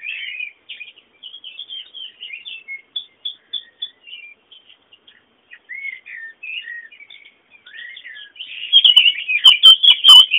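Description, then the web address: Birds chirping steadily with quick, varied tweets, ending in a louder flurry of notes mixed with several sharp clicking sounds. Bird sounds meant as background ambience. "sounds fondo pajaros"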